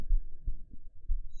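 Soft, low, muffled thumps recur at a steady pace over a short stretch, with faint low hum between them. These are heart sounds heard through the chest wall, the ordinary lub-dub of an adult's heartbeat.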